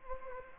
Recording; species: mosquito wingbeat signal from an infrared sensor; Anopheles gambiae